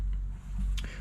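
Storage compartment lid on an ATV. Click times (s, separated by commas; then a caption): 0.8 s. The storage compartment lid on an ATV is closed and clicks only once, with a sharp click at 0.8 s over a low rumble. A single click means the lid is not fully closed and could open over a bump.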